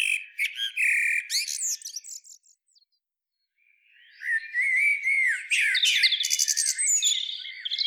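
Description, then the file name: Common blackbird song: scratchy high twittering, a silent gap of about a second, then a rising warble breaking into rapid, squeaky chatter. "Turdus merula"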